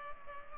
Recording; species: mosquito wingbeat signal from an infrared sensor; Culex pipiens